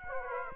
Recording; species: mosquito wingbeat signal from an infrared sensor; Aedes aegypti